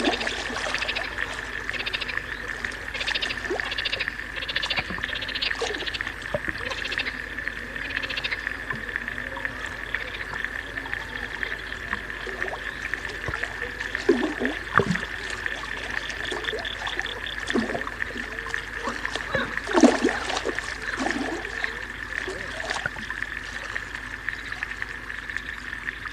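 Water trickles and drips over a steady high whine, with a run of quick bright repeating notes early and scattered splashy pulses throughout.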